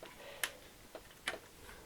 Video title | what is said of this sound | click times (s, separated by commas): How to Open Up Samsung Series 7 Ultra for Upgrades | there and now I'm bumping into another tab I can feel it and when I release it you can hear the clicky clack sound it makes | 0.4 s, 1.3 s